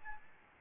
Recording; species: mosquito wingbeat signal from an infrared sensor; Aedes albopictus